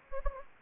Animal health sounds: mosquito wingbeat signal from an infrared sensor; Anopheles gambiae

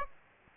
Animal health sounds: mosquito wingbeat signal from an infrared sensor; Aedes aegypti

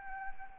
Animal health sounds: mosquito wingbeat signal from an infrared sensor; Anopheles arabiensis

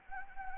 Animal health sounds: mosquito wingbeat signal from an infrared sensor; Anopheles arabiensis

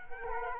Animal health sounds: mosquito wingbeat signal from an infrared sensor; Culex quinquefasciatus

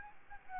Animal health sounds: mosquito wingbeat signal from an infrared sensor; Aedes albopictus

